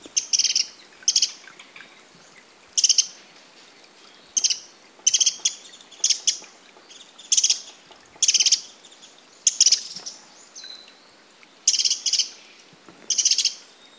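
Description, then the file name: Eurasian wren repeating hard, high-pitched ticking bursts, roughly one each second or so, with thin faint notes between them. "Troglodytes troglodytes"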